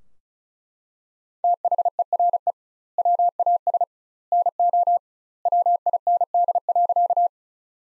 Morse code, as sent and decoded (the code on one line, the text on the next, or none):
- .... . .-. . / .-- .- ... / -. --- / .-- .. -. -.. .-.-.-
THERE WAS NO WIND.